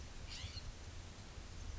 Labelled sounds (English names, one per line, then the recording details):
California Scrub-Jay
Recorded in Sonoma County, California